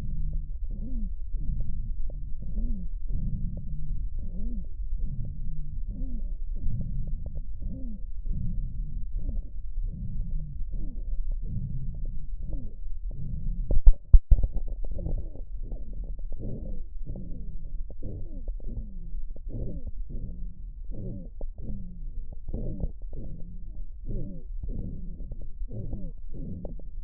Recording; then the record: lung sounds by stethoscope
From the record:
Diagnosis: emphysema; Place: left posterior upper chest